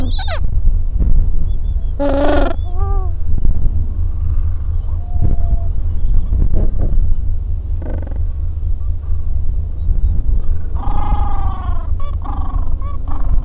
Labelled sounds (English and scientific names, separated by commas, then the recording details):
Gentoo Penguin (Pygoscelis papua)
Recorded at the colony at Godthul, on 25 December 2014
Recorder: Song Meter SM2+